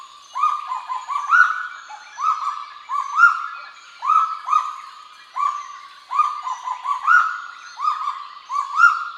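Kagu call series: loud notes, each swelling then dropping away, repeated about once a second in short groups.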